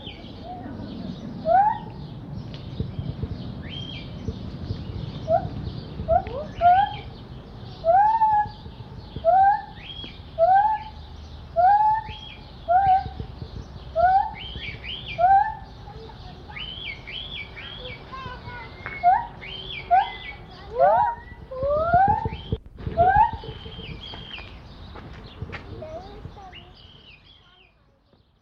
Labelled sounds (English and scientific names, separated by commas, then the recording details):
Lar Gibbon (Hylobates lar)
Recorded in captivity
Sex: male
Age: adult
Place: Mundenhof, Baden-Württemberg, DE
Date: 1985-06-14 11:31
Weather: schwach sonnig, 18 °C
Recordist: Tembrock, Günter